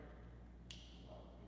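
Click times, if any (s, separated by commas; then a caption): 0.7 s. The mouthpiece cover of a plastic dry powder inhaler is slid down into its open position and gives a single sharp, bright click at 0.7 s over a steady low background hum. The click shows the cover has locked open and a dose is loaded and ready.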